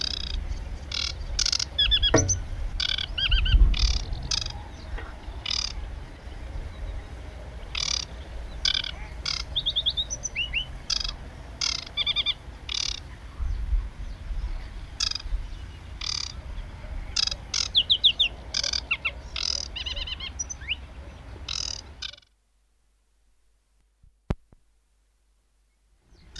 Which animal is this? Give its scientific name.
Acrocephalus paludicola